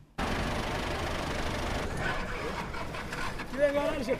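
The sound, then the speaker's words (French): Busy bus park ambience in the city centre of Bujumbura: a steady low rumble of idling bus engines fills the scene, with indistinct voices and a brief higher tonal sound rising near the end. “Ici, c'est au centre de la ville de Bujumbura, plus précisément dans les parkings de bus.”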